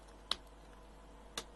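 A small plastic door on a scale model U96 U-boat submarine is pressed by hand onto its hinges on the NCO compartment wall. A sharp snap sounds at 0.3 s, followed by a fainter click at 1.4 s. The door is seated on its hinges.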